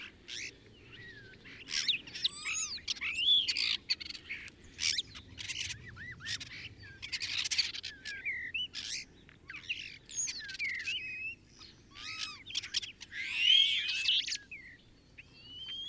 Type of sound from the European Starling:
song